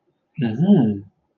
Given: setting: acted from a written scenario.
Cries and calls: vocal sound without words; interest

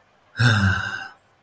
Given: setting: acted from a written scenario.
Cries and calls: vocal sound without words; serenity

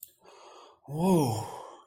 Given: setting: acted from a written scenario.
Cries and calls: vocal sound without words; relief

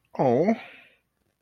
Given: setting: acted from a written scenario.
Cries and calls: vocal sound without words; sympathy

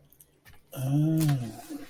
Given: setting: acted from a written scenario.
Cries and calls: vocal sound without words; contentment

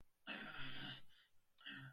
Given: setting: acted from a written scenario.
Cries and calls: vocal sound without words; pain

